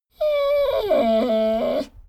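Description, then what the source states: Dogo Argentino whining: a single drawn-out tonal cry lasting under two seconds, high at first, then dropping into a lower, wavering note. Whine described as sad.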